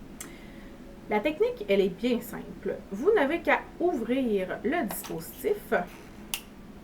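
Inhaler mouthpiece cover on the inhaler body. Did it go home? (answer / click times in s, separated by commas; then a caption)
released / 6.3 s. Someone talks while sliding open the mouthpiece cover on the body of a plastic Ellipta dry-powder inhaler. At 6.3 s a sharp click is heard as the cover clicks open, meaning the dose is loaded and ready to be used.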